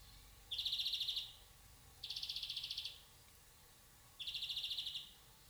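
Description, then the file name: European greenfinch producing three rasping, buzzy notes, each under a second, with pauses between them, over a light hiss. "Chloris chloris"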